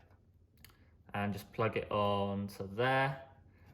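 A second sleeved PCIe power extension plug is handled as it is brought to the power supply's graphics card power cable, while someone talks. Nothing has seated or clicked yet; the clip ends before the connector goes home.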